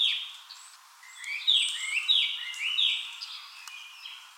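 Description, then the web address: Narcissus flycatcher singing quick, varied whistled notes, slurred up and down, in a lively jumbled phrase. Recorded on 31 May 2015. "birdenaga kibitaki"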